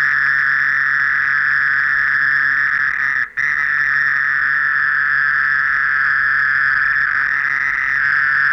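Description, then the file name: Mole cricket song: a continuous churring trill, briefly cut off once in the middle before carrying on unchanged. "Gryllotalpa sp"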